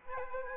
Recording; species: mosquito wingbeat signal from an infrared sensor; Aedes aegypti